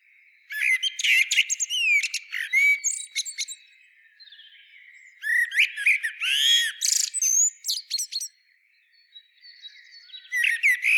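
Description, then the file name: Common blackbird delivering long, busy phrases of mixed whistles, chirps and squeaky twitters with only brief breaks. "Turdus merula"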